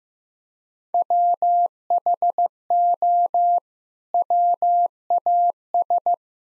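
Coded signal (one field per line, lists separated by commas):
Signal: Morse code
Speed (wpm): 15 wpm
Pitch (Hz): 700 Hz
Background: none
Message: WHO WAS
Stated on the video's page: Head-copy practice at 15 wpm: common six-word groups sent in Morse, spoken, then sent again.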